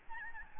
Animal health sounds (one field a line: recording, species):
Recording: mosquito wingbeat signal from an infrared sensor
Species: Aedes albopictus